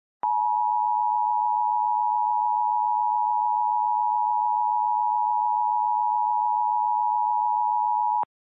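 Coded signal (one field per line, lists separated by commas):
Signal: Emergency Alert System (SAME) tones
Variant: 853 and 960 Hz attention tone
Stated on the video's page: Fictional EAS scenario, a remastered simulated alert.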